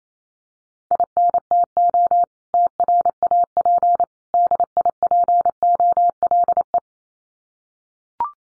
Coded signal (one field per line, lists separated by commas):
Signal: Morse code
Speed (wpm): 28 wpm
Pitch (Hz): 700 Hz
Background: none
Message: INTO TRAP DIPOLE